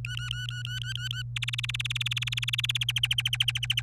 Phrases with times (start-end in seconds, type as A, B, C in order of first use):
0.05-1.22 A, 1.36-2.77 B, 2.81-3.81 C